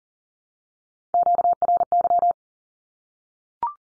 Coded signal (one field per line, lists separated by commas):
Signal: Morse code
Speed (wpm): 37 wpm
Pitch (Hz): 700 Hz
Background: none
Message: QRY